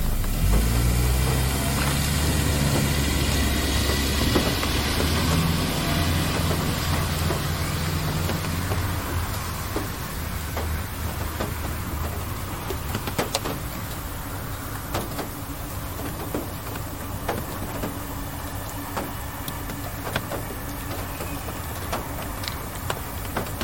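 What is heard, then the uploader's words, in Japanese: Light rain at night with a car: a low engine rumble and steady hiss fill the first ten seconds, then fade as the vehicle moves off. Afterward a quieter, even patter remains, broken by scattered sharp drips and ticks. 疲れた心を癒してくれる小雨の音 夜 車。DR-07X #TASCAM #オーストラリア #環境音 #バイノーラル。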